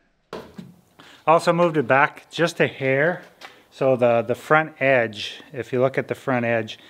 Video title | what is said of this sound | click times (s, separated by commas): Easy Tonneau Cover Installation - 2500HD Truck Improvements | just snaps into place with aggression and you're good to go | 0.3 s